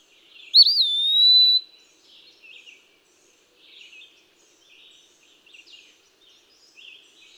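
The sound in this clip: Eastern wood-pewee singing one sweet whistled phrase that wavers briefly before holding a steady high note, followed by soft scattered chirps from other birds.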